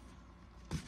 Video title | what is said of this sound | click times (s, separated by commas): Review of the Masters of the Universe origins figure Spikor by Mattel | I would really like to know what you guys think so also this pops off | 0.7 s